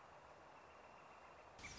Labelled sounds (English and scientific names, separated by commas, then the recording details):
Northern Flicker (Colaptes auratus)
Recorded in Sonoma County, California